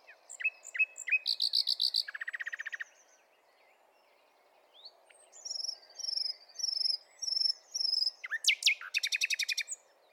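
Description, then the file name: Common nightingale song: varied phrases of sharp chirps, a fast dry rattling trill, then a pause and a run of high whistled slurs ending in rapid buzzy repeated notes, over steady low hiss. "Luscinia megarhynchos"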